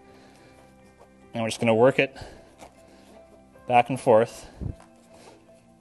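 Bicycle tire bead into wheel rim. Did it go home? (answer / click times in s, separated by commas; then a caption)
no / none. A trainer bicycle tire is being worked by hand back and forth on the wheel rim while someone talks over a steady background of music. The tire bead has not snapped or seated into the rim yet.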